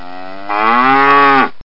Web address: Micro RD-CD-ROM-Vol 1. cow